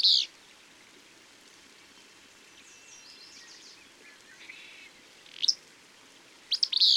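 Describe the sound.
Bird song of loud high chirps at the start and near the end, with faint twittering notes in between over steady background hiss.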